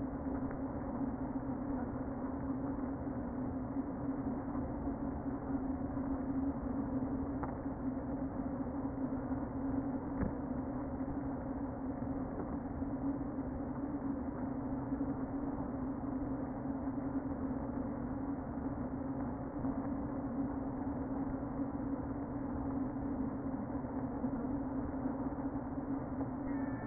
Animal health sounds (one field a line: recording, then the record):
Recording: honeybee colony, microphone inside the hive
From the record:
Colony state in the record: queen present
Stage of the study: before two queens were removed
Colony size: about 60,000 bees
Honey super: yes